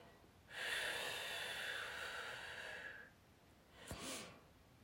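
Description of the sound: An adult woman imitates her tinnitus by voice: a sustained hissing, rushing breath-noise lasting about two and a half seconds, followed by a shorter breathy burst. She hears this rushing sound in her head constantly.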